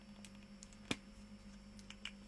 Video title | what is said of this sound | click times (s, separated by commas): Topic Animals: Ink lily Pans Colourful Butterfly | That's the clicking you can hear. | 0.9 s, 2.1 s